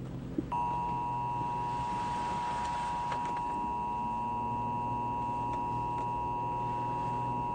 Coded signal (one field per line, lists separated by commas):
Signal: Emergency Alert System (SAME) tones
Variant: 853 and 960 Hz attention tone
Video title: EAS Scenario: Back to School Chaos